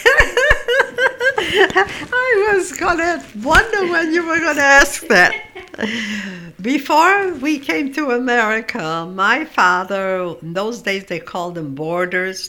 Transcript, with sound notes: I was going to wonder when you were going to ask that. (they laugh) Before we came to America, my father, in those days they called them boarders.